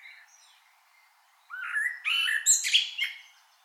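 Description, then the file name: Common blackbird singing one phrase of rich fluted whistles that ends in a burst of thin, high squeaky notes. "Turdus merula"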